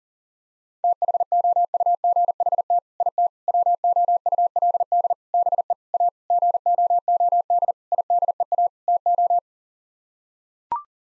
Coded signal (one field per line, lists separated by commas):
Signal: Morse code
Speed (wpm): 37 wpm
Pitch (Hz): 700 Hz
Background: none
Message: THOUGHT IT WOULD BE A GOOD IDEA TO